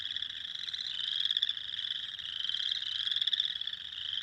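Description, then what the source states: Spring peepers calling en masse, piercing upward-sliding whistles blending into a continuous ringing chorus. Recorded 6 April 2021.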